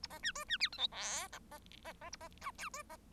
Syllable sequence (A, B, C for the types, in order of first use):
A B C D C E F G H B B B A B I J D B